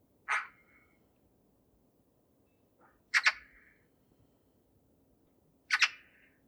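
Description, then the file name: Eurasian magpie uttering three scratchy calls, the later ones doubled into quick two-part chacks, spaced about two and a half seconds apart over a faint hiss. "Pica pica"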